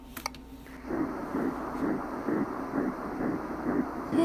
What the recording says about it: We heard the heartbeat. For the first time. That sounds like a heartbeat. That's the baby.